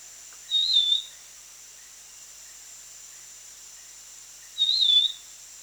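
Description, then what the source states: Black-capped babbler clear whistled call, a short wavering note given twice about four seconds apart, over a steady high hum. Recorded on 1 July 2008.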